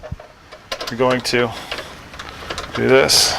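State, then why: Seated. A device unit is slid gently into its mount without forcing and snaps into place with a sharp click at 0.7 s. Someone talks through the rest of the clip. The unit ends up seated snugly in its mount.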